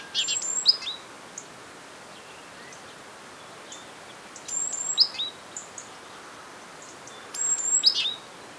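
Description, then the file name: Great tit calls: three bursts of high, sharp chips and thin descending whistles, spaced roughly every three to four seconds. "Parus major"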